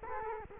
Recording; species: mosquito wingbeat signal from an infrared sensor; Culex quinquefasciatus